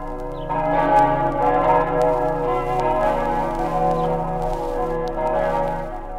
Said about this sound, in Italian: E per tutti i morti del Carso, sepolti all'ombra dei cipressi pensierosi, per tutti i morti nei secoli accolti nella terra che serba le urne dei coloni di Roma, non pregano nella luce dei martiri cristiani le campane della Basilica di Aquileia?